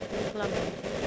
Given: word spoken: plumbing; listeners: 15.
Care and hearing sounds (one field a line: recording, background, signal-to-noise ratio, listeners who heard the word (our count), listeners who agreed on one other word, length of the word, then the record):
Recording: one English word in noise, from a listening test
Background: noise modulated by three-talker babble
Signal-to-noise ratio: -5.6 dB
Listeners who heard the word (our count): 4 of 15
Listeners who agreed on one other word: 6 of 15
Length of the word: 0.67 s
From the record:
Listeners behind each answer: 6, 4, 3, 1, 1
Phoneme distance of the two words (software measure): 14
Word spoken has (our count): 2 syllables, 6 phonemes, stress on syllable 1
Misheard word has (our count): 1 syllable, 4 phonemes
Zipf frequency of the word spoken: 3.78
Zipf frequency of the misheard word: 3.79